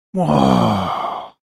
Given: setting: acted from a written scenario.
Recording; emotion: vocal sound without words; interest